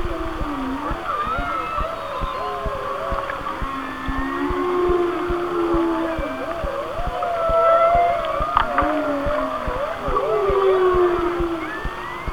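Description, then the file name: Whale song with overlapping undulating tones, some sliding upward or downward, mixed with brief squeals and a constant background of fast clicks. "Whale Songs"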